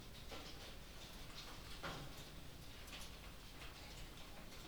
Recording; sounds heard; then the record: poultry house recording; no chicken sound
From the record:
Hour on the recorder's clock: 23